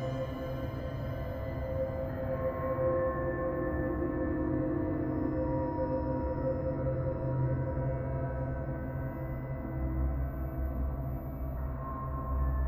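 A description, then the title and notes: A distant planet ambience of steady, low droning tones with a gong-like hum, unchanging throughout, with faint high ringing above. Distant Planet Ambience.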